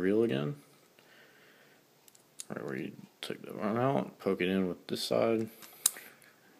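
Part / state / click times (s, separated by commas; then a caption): internal reel part into the fishing reel frame / seated / 5.9 s. Someone talks while a small internal part, a Boca bearing, is poked with a tool into its spot in the frame of an Evercast Camo Fishoflauge baitcasting fishing reel. A sharp click is heard at 5.9 s as the part seats in place.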